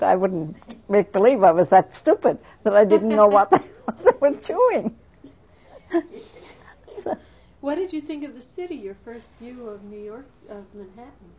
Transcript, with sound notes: I wouldn't make believe I was that stupid. But I didn't know what they were chewing. (They laugh.)
What did you think of the city, your first view of New York, of Manhattan?